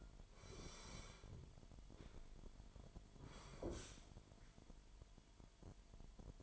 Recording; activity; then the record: daily activity, microphone in the room; sit down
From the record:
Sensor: 5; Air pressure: 998.7 hPa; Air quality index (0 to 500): 94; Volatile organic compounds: 2 ppm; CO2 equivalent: 1080 ppm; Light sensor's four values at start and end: 31/74/31/35 and 31/74/31/35